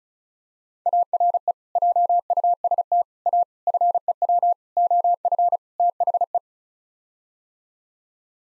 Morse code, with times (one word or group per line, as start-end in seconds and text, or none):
0.9-1.5 ARE
1.8-3.0 JUST
3.3-3.4 A
3.7-4.5 FEW
4.8-5.6 OF
5.8-6.4 THE